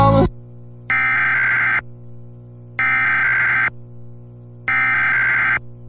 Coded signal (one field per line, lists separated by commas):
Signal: Emergency Alert System (SAME) tones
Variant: header bursts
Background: speech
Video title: KRKN Eldon, IA Legal ID + EAS Test (12/1/21)